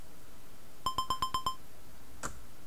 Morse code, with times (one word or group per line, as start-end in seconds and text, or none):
none